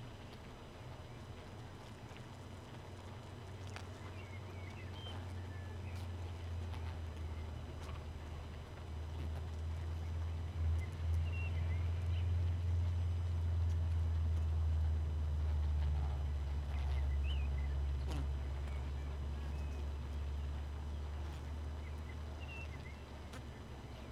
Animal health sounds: honeybee colony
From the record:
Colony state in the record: missing queen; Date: 31 May 2018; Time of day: 2:51

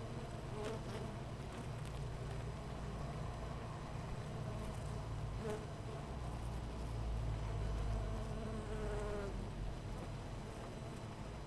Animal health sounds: honeybee colony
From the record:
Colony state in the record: missing queen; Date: 14 July 2017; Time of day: 8:14

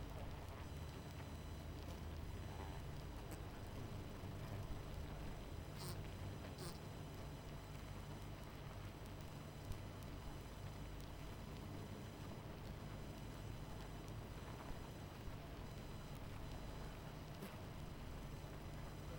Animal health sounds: honeybee colony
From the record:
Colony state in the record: missing queen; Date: 14 July 2017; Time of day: 22:56

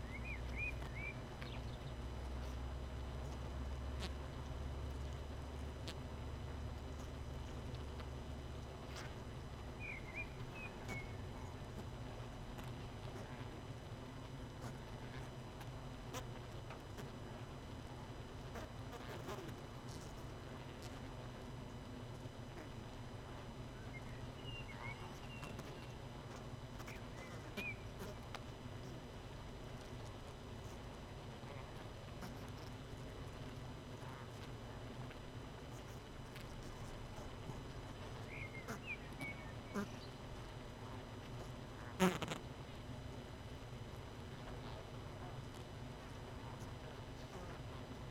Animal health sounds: honeybee colony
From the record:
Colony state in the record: missing queen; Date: 31 May 2018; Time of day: 19:06

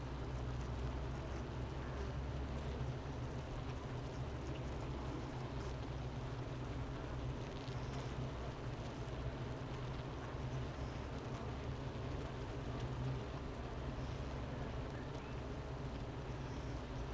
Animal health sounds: honeybee colony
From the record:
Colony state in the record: missing queen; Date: 31 May 2018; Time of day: 10:20

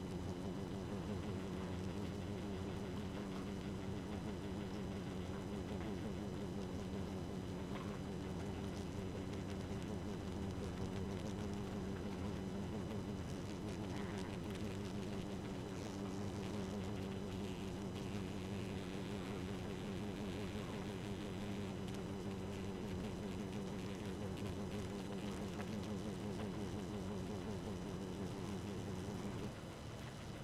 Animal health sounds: honeybee colony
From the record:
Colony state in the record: active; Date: 12 June 2018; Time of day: 1:44

